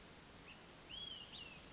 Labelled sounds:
Olive-sided Flycatcher (Contopus cooperi)
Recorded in Sonoma County, California

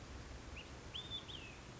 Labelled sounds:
Olive-sided Flycatcher (Contopus cooperi)
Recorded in Sonoma County, California

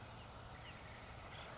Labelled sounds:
California Towhee (Melozone crissalis)
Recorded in Sonoma County, California

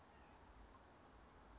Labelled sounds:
California Towhee (Melozone crissalis)
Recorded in Sonoma County, California

